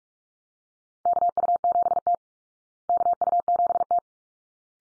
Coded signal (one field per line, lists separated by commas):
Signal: Morse code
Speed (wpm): 44 wpm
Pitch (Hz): 700 Hz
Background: none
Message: KU7T KU7T